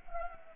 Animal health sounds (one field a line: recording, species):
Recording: mosquito wingbeat signal from an infrared sensor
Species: Anopheles gambiae